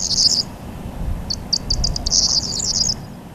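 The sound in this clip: Corn Bunting song: a short, high, dry jangle of quick ticking notes that speed up into a jingling trill, over a steady low background rumble.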